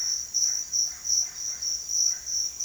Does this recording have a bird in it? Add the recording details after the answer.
yes. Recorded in pastures near Puerto Asís, Putumayo, Colombia, on 22 June 2025 at 06:30. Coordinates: 0.502, -76.324. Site G010